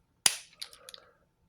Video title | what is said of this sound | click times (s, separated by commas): Transformers Studio Series 86 Movie Constructicons Hook and Long Haul | Snap them. Peg them into place. | 0.3 s